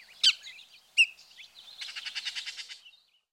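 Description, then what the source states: Bullock's Oriole song: two sharp whistled notes followed by a rapid chattering rattle of repeated notes lasting about a second. Bullock's race of the Northern Oriole.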